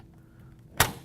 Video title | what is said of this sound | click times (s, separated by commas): SIEMENS - 3VA 125A Circuit Breaker Assembly Volt Stream Video Series Full HD | it snaps in place so your motor operators mounted | 0.8 s